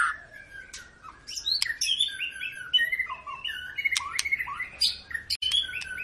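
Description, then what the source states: White-rumped shama: songbird singing continuous varied whistles and chirps interspersed with sharp clicks, over a faint low background hum. Long, vigorous lure song (pancingan) of a singing white-rumped shama, used to make other birds sing.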